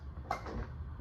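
A metal pry tool is worked under the edge of the plastic panel on a Samsung UN70NU6900F TV housing, and a retaining clip snaps loose at 0.3 s with a sharp, bright crack. Low scraping and handling noise continue around it, and the clip is released.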